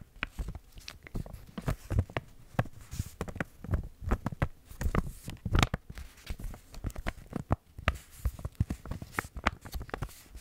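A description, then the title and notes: Crinkling sounds, a dense run of quick, sharp crackles that keep coming for the full ten seconds without settling into a steady rhythm. Each crackle is bright and snappy, with a soft low rustle underneath, and the loudness rises and dips irregularly throughout. Intense Tingly Crinkling Sounds.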